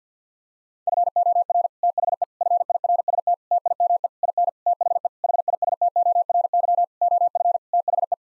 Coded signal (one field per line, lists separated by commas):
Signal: Morse code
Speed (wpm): 50 wpm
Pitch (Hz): 700 Hz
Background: none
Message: FOR THE FIRST TIME IN THE HISTORY OF THE